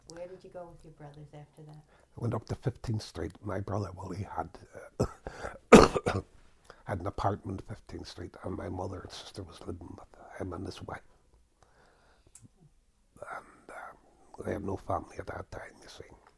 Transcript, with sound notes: Where did you go with your brothers after that?
We went up to 15th Street. My brother Willie had... ( he coughs ) He had an apartment on 15th Street, and my mother and sister was living with him and his wife. And, um, they had no family at that time, you see?